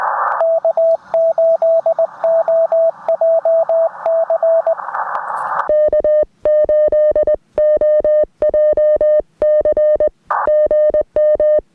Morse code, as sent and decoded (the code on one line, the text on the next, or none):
-.- ---.. --- .--- -.-. / -.- ---.. --- .--- -.-. / --. --
K8OJC K8OJC GM